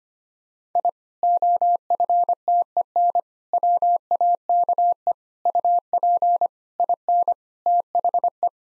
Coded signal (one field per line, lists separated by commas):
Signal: Morse code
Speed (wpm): 25 wpm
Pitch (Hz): 700 Hz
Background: none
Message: I OFTEN WAKE UP IN THE